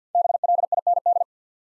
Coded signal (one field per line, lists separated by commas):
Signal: Morse code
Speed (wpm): 48 wpm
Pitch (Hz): 700 Hz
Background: none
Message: BLIND